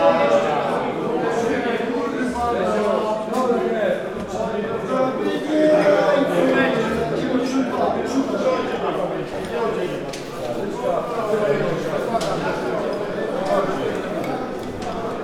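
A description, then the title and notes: A busy tavern full of overlapping voices, many people talking at once in a steady murmur with no pause. Occasional sharp clicks and knocks, like mugs or wood being set down, cut through the chatter every few seconds. European Tavern Jolly Ambience.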